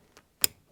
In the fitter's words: satisfying click thank you just